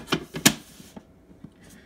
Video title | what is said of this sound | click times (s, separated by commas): Breville BES870XL (Unboxing, Set up, Programming and Extracting) | and it locks into place. | 0.5 s